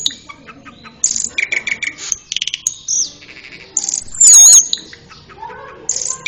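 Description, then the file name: Asian pied starling song mixing rapid clicking notes, short buzzy phrases and a loud squealing whistle, with pauses between bursts. "cucak keling"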